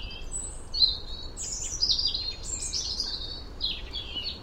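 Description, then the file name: European robin song: high, thin, warbling phrases that shift pitch quickly and run almost without pause, over a steady low background hiss. "Erithacus rubecula"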